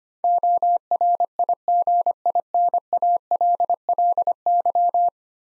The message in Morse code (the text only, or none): ORIGINALLY